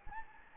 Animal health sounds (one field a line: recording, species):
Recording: mosquito wingbeat signal from an infrared sensor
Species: Anopheles gambiae